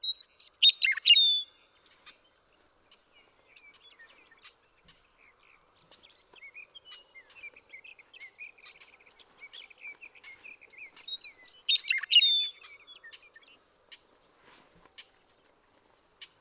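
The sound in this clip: Western meadowlark song heard twice, about eleven seconds apart, each a brief, loud jumble of liquid whistles. Soft, repeated chirps fill the gap.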